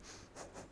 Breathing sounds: one breath in and out by a microphone near the nose and mouth; strong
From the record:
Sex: female

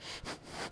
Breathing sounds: one breath in and out by a microphone near the nose and mouth; strong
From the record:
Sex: male

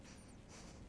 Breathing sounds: one breath in and out by a microphone near the nose and mouth; strong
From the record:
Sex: male

